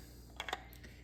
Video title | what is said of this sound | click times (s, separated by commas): Jeep Grand Cherokee Oil Change 2015 3.6 Pentastar | goes in like that and it snaps. | 0.4 s